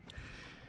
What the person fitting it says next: heard the click, everything is good there.